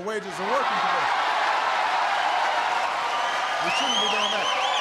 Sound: applause; applause

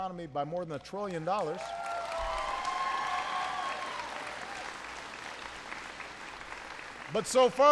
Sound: applause

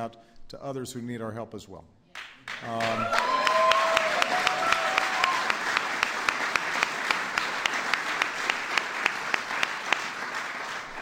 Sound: applause

